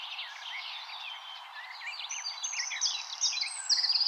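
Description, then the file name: Eurasian wren song, soft scattered chirps at first, then loud high rattling trills building toward the end. "Troglodytes troglodytes"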